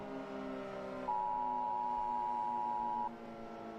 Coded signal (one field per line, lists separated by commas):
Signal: Emergency Alert System (SAME) tones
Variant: 853 and 960 Hz attention tone